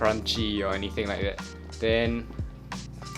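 A lens is pushed in and twisted into the camera body's bayonet mount while someone talks over music underneath. A short click is heard at 2.7 seconds as the lens seats home in the mount.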